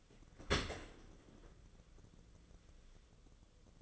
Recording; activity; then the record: daily activity, microphone in the room; open dishwasher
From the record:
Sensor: 4